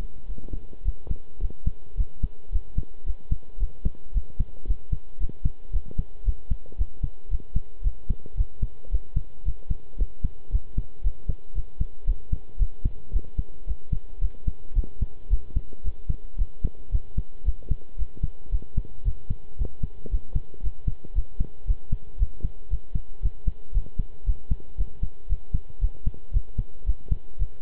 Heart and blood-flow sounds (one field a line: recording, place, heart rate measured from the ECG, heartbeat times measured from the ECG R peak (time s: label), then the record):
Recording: heart sounds by stethoscope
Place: between the tricuspid and mitral areas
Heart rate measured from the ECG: 113 bpm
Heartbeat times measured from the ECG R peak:
0.28 s: heartbeat
0.85 s: heartbeat
1.41 s: heartbeat
1.97 s: heartbeat
2.52 s: heartbeat
3.06 s: heartbeat
3.59 s: heartbeat
4.14 s: heartbeat
4.67 s: heartbeat
5.20 s: heartbeat
5.73 s: heartbeat
6.25 s: heartbeat
6.78 s: heartbeat
7.30 s: heartbeat
7.83 s: heartbeat
8.37 s: heartbeat
8.91 s: heartbeat
9.45 s: heartbeat
9.98 s: heartbeat
10.52 s: heartbeat
11.03 s: heartbeat
11.55 s: heartbeat
12.07 s: heartbeat
12.59 s: heartbeat
13.13 s: heartbeat
13.67 s: heartbeat
14.21 s: heartbeat
14.75 s: heartbeat
15.30 s: heartbeat
15.84 s: heartbeat
16.38 s: heartbeat
16.92 s: heartbeat
17.45 s: heartbeat
17.98 s: heartbeat
18.51 s: heartbeat
19.05 s: heartbeat
19.58 s: heartbeat
20.11 s: heartbeat
20.63 s: heartbeat
21.15 s: heartbeat
21.67 s: heartbeat
22.19 s: heartbeat
22.70 s: heartbeat
23.22 s: heartbeat
23.74 s: heartbeat
24.26 s: heartbeat
24.78 s: heartbeat
25.29 s: heartbeat
25.81 s: heartbeat
26.33 s: heartbeat
26.86 s: heartbeat
27.39 s: heartbeat
From the record:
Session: pedaling a stationary bicycle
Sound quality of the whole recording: good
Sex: male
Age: 23 years